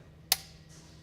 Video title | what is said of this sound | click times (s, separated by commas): How to use a Torque Wrench | I'm going to pull the tension wrench smoothly until I hear a click now | 0.3 s